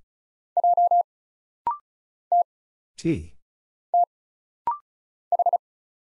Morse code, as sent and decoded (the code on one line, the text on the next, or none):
.--- / - / - / ....
J T T H